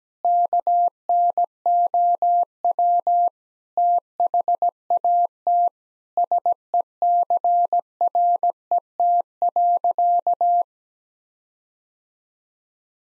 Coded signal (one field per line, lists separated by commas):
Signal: Morse code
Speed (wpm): 17 wpm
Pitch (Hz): 700 Hz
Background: none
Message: KNOW THAT SECRET.